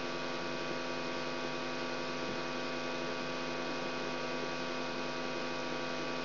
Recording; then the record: brain microelectrode recording played as sound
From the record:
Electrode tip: outside the subthalamic nucleus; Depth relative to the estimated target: -8 mm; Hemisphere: left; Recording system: AlphaMap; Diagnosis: Parkinson's disease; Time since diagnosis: 16 years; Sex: male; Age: 67 years